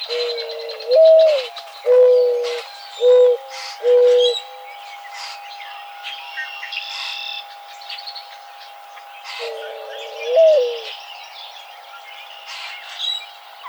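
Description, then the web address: Mourning dove cooing, a low mournful phrase with a rising second note followed by three steady hoots, then another rising coo; faint chirps of other birds behind. Recorded 20 May 2007. "Mourning Dove 2007 05 20"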